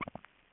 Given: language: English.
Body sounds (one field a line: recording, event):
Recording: throat vibration sensor signal played as sound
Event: swallow